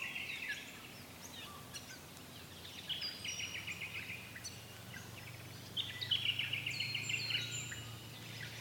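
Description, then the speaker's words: Regent honeyeater song: soft, high phrases, with a quick trill in the second half. Critically endangered bird endemic to southeastern Australia; about 300 wild individuals remain; breeding sites affected by the 2019-2020 bushfires. "And hear the sound of the regent honeyeater."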